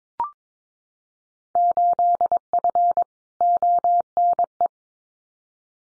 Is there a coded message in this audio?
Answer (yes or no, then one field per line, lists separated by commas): yes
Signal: Morse code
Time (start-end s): 1.6-4.7 s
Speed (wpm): 22 wpm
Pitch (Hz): 700 Hz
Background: none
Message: 8F ONE